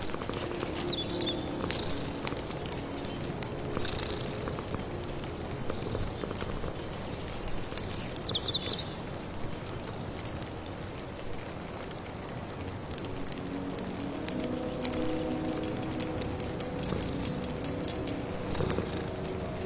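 Soup being stirred with a steady scraping, knocking texture that keeps up throughout, plus low tonal rumbles near the start and again after about fifteen seconds. Brief bird chirps break through around one, eight and nine seconds, and frequent small ticks and crackles sit over a constant dense patter.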